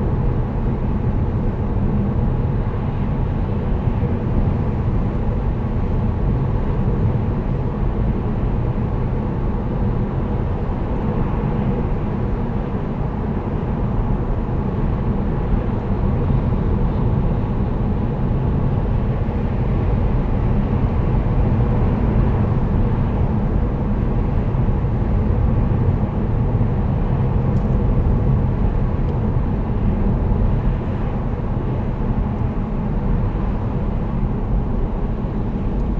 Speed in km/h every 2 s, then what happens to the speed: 77, 76, 75, 77, 77, 78, 78, 79, 79, 79, 79, 79, 81, 79, 78, 73, 69, 65.
0-28 steady at about 78. 28-36 slows to 65.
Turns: none.